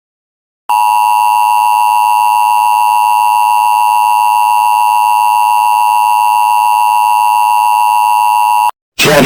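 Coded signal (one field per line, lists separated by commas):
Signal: Emergency Alert System (SAME) tones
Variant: 853 and 960 Hz attention tone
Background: speech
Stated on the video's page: Fictional EAS scenario parodying anti-piracy screens.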